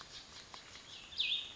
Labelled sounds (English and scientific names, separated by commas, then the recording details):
Cassin's Vireo (Vireo cassinii)
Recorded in Sonoma County, California